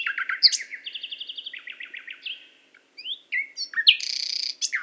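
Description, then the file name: Common nightingale song with repeated slurred notes and a high trill, a short pause, then a harsh, varied burst of rich phrases. "Luscinia megarhynchos"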